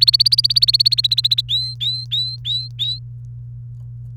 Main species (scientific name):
Serinus canaria